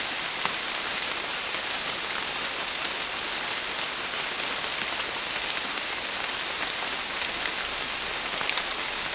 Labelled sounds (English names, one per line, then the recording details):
none
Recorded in dense forest near Puerto Asís, Putumayo, Colombia, on 21 March 2025 at 15:30
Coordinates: 0.499, -76.324
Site GP03